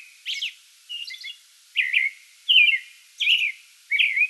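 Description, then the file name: American robin singing six well-spaced caroled phrases, each a short slurred whistle, about one phrase every three quarters of a second. Song bout recorded 8 May 2022. "2022-05-08 American Robin song bout"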